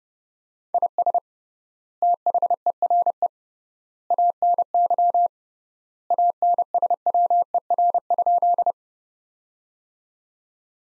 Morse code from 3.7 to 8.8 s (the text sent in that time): ANY ANSWER?